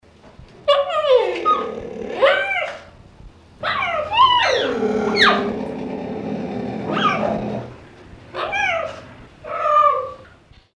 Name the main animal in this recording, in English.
Cheetah